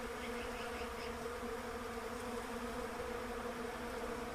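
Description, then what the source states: Bees droning evenly throughout, faint bird chirps at the beginning. Bees in a Russian olive tree.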